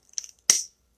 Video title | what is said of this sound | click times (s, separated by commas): 2021-2023 Stampin' UP! In Colors & Spiral Dye Card | right there you want to hear that click every single time you put it on | 0.5 s